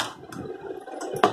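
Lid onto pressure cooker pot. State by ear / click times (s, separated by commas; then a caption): not seated / none. A lid is being turned back onto a pressure cooker pot to lock it, with quiet rubbing and scraping handling sounds followed by two sharp knocks near the end at about 1.2 and 1.3 s. The lid has not locked or seated yet when the clip ends.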